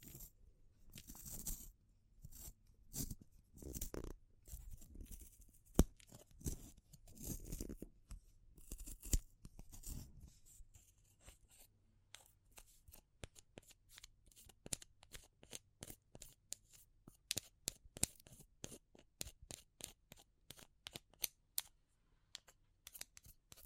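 Wood, bamboo and straw are handled in quick, dry crackles and snaps, dense and rustling through the first ten seconds. After that the sounds thin into sharper, separate clicks and taps, coming irregularly but often. A low, faint hum runs underneath throughout.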